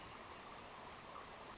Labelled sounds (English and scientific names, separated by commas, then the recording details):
Pacific Wren (Troglodytes pacificus)
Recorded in Sonoma County, California